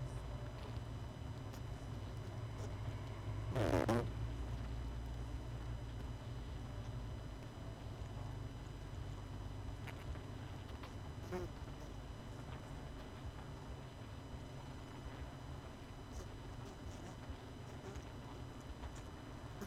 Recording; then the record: honeybee colony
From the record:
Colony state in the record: missing queen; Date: 31 May 2018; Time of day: 20:40